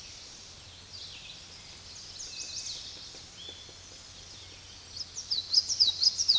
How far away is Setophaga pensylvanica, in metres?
about 50 m